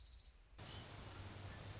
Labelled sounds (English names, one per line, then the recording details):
Orange-crowned Warbler
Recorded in Sonoma County, California